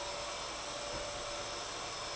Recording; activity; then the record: daily activity, microphone in the room; vacuum cleaning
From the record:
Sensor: 5